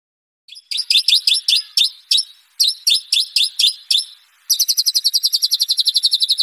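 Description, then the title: White-rumped shama song: a series of sharp, high chirps with brief gaps, then a fast, even trill to the end. Masteran (training recording) for caged birds. "MASTERAN MURAI BATU LABAIK"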